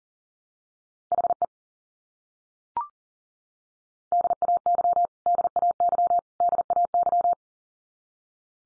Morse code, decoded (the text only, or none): HE DAY DAY DAY